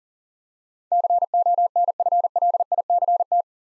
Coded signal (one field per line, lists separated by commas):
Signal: Morse code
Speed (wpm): 40 wpm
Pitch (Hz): 700 Hz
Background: none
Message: CONFLICT